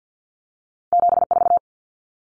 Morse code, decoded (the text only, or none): 74